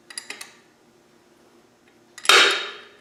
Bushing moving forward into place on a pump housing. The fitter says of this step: we go did he click it clicked